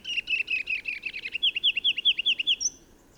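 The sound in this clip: Bird song opening with fast buzzy trilled notes that shift into a quick run of clear down-slurred chirps, finishing on a high thin whistle; no other sounds.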